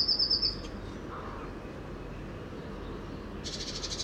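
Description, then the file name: Eurasian blue tit giving a short, rapid, high trill, then a brief harsh buzzy chatter near the end over steady low background noise. "Cyanistes caeruleus"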